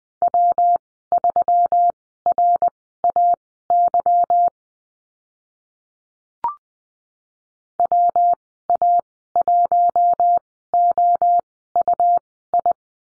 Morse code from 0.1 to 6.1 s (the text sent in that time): W3RAY